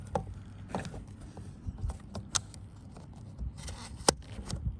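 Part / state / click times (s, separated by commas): fuel filler cap onto car filler neck / torque reached / 2.4 s, 4.1 s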